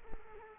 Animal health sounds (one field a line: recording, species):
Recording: mosquito wingbeat signal from an infrared sensor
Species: Culex quinquefasciatus